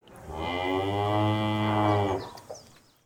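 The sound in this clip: Cow mooing, one long low drawn-out moo with rich harmonics lasting about two seconds, then fading into quiet.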